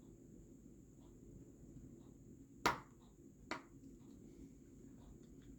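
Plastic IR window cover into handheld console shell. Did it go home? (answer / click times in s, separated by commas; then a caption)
yes / 2.7 s, 3.5 s. A replacement plastic IR port cover is pressed into the plastic shell of a ModRetro Chromatic handheld game console. It snaps in with two sharp clicks at 2.7 and 3.5 seconds, and the cover is seated.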